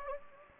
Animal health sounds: mosquito wingbeat signal from an infrared sensor; Anopheles gambiae

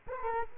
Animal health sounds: mosquito wingbeat signal from an infrared sensor; Culex quinquefasciatus

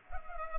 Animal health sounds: mosquito wingbeat signal from an infrared sensor; Culex pipiens

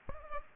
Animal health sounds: mosquito wingbeat signal from an infrared sensor; Culex pipiens

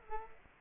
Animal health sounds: mosquito wingbeat signal from an infrared sensor; Culex quinquefasciatus

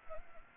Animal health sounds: mosquito wingbeat signal from an infrared sensor; Anopheles gambiae

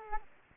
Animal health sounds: mosquito wingbeat signal from an infrared sensor; Culex quinquefasciatus

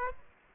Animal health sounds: mosquito wingbeat signal from an infrared sensor; Aedes aegypti

